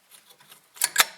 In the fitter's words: there there we go all it does just pop right in and